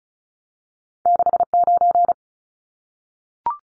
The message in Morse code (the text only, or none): 69